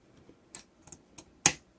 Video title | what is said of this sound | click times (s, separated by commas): #152 MechFansToys Mechanic Studio SPIALE (Swerve) | sure it snaps into place there and | 1.5 s